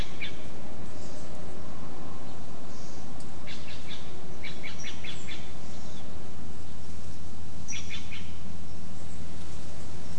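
Wind rushes steadily through oak and bay leaves, a dense low roar that never lets up. Over it come short bursts of bright chirps and calls, clustered around the third to fifth seconds and again near eight seconds, with faint scratching in the leaf litter.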